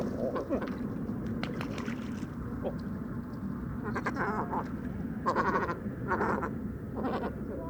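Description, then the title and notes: Great cormorant calls come as scattered harsh croaks in short bursts near the end, over a constant low rumble. Evening roost of many birds on fishermen's posts at the shore of Vaccarès, Camargue, 4 January 2020; incessant conflicts over limited space until nightfall; distant car murmur; Mixp3 recorder, MKH40 microphone. "Dortoir de Grands cormorans. 04 janvier 2020-Bord du Vaccarès - Camargue"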